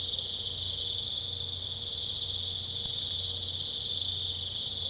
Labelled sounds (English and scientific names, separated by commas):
none